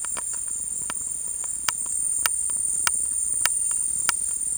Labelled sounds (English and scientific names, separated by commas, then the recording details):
none
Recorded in secondary vegetation near Puerto Asís, Putumayo, Colombia, on 22 December 2024 at 15:30
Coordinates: 0.484, -76.319
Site GP06